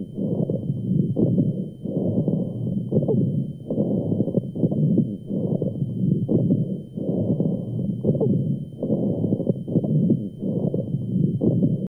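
An adult's lungs heard through a stethoscope: rhonchi with crackles over the breath sounds.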